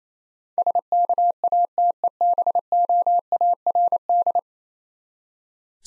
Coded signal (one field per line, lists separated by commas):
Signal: Morse code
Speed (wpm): 27 wpm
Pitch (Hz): 700 Hz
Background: none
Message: SKATEBOARD